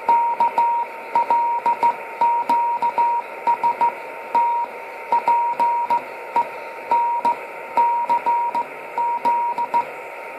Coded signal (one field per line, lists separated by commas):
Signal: Morse code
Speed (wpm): 15 wpm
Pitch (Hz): 950 Hz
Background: radio noise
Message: KLQSTPENCZ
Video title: Practicando CW con CE8BGH